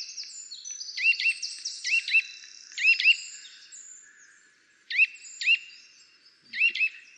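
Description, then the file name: Eurasian nuthatch giving clear, sharp whistled notes, singly and in short runs of two or three, repeated in a loose series. "Sitta europaea"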